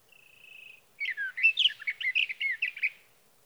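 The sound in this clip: Sage thrasher: a thin, even trill first, then after a brief gap a rapid, jumbled warbling song of varied whistled notes for about two seconds.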